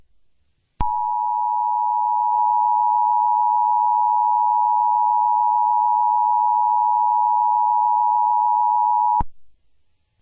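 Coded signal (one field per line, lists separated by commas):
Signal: Emergency Alert System (SAME) tones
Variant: 853 and 960 Hz attention tone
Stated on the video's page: Fictional EAS scenario about a school shooting.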